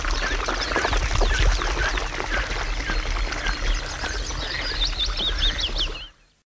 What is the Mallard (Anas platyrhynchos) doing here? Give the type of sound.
call